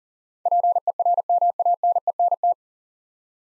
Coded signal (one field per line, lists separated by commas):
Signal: Morse code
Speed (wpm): 40 wpm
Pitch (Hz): 700 Hz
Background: none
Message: PERMANENT